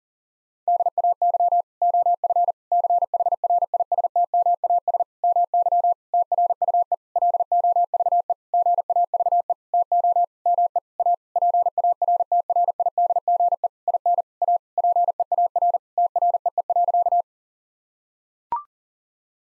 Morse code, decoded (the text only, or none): DAY OF CHRISTMAS MY TRUE LOVE GAVE TO ME A PARTRIDGE IN A PEAR TREE.